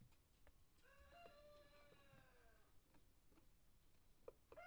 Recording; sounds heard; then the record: poultry house recording; healthy chickens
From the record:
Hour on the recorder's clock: 1